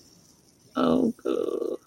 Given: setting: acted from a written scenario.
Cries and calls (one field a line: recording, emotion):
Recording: vocal sound without words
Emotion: shame